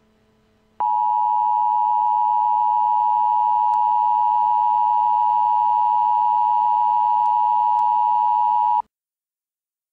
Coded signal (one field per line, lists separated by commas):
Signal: Emergency Alert System (SAME) tones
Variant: 853 and 960 Hz attention tone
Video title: [MOCK] EAS Evacuation Immediate